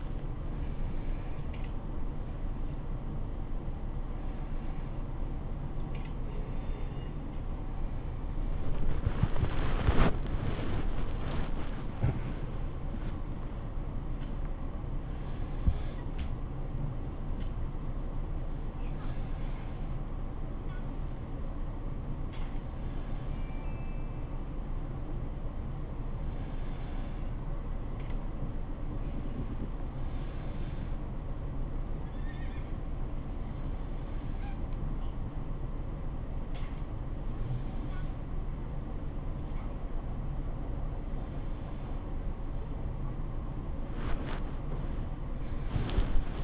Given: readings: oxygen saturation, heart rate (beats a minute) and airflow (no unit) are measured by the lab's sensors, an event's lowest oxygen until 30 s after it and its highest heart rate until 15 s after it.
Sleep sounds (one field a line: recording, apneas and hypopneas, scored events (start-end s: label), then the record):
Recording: a person awake in a sleep study, by a smartphone at the bedside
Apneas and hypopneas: none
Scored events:
0.00-46.44 s: awake
From the record:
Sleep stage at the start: awake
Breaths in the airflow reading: 16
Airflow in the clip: -0.7 to 0.8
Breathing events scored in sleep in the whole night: 403 in 5.5 hours asleep